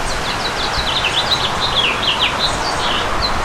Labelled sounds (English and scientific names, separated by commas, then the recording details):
House Finch (Haemorhous mexicanus) song
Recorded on Long Island, New York, on 14 June 2012
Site GL
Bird D